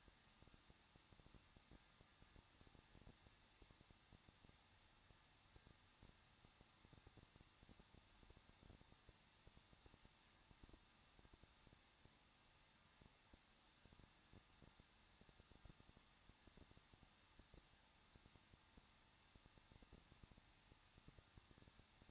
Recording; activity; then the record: daily activity, microphone in the room; no activity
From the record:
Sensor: 3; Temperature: 21.2 degrees Celsius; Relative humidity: 36.3%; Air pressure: 1006.3 hPa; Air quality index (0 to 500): 221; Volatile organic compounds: 40 ppm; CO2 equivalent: 3151 ppm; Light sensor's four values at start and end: 2/3/2/2 and 2/3/2/2